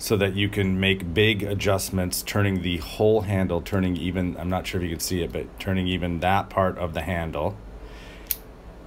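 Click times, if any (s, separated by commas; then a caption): 8.3 s. Someone talks while turning the handle of a 1/4 inch torque wrench to adjust its setting, then releases the pulled-back locking collar on the handle. The collar springs back with a sharp click at 8.3 s and locks the metal adjustment mechanism into place.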